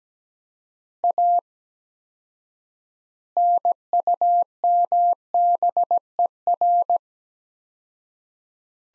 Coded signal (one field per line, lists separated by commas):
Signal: Morse code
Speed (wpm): 17 wpm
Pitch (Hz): 700 Hz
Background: none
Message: A NUMBER